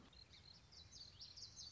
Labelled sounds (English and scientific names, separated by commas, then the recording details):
Common Yellowthroat (Geothlypis trichas)
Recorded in Sonoma County, California